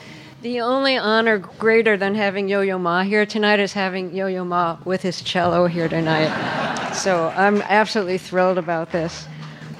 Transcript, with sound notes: The only honor greater than having Yo-Yo Ma here tonight is having Yo-Yo Ma with his cello here tonight.
(LAUGHTER)
So I'm absolutely thrilled about this.